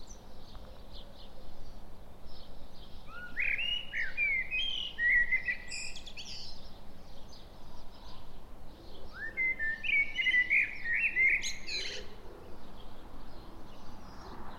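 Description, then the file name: Common blackbird song: two mellow fluted phrases several seconds apart, each rising through warbled notes and ending in a thin squeaky flourish, with faint background hiss. "Turdus merula"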